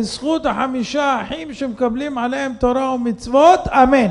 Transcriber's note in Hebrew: none